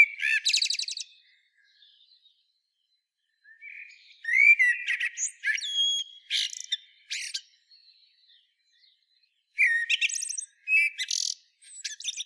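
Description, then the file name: Common blackbird singing several separate phrases: warbled fluty whistles mixed with thin, squeaky high twitters, with short silent gaps between phrases. "Turdus merula"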